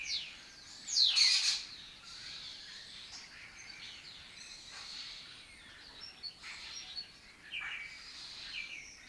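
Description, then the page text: Lesser kestrel giving a loud, grating chatter for about half a second early on, followed by softer scattered chirps and calls. Breeding colony in an abandoned building in Doñana; migratory raptor that forages in West Africa and breeds in southern Europe. "Lesser Kestrels Took Over an Abandoned Building. A migratory raptor wich spends its foraging time in West Africa and breeds in southern Europe. Here in Doñana"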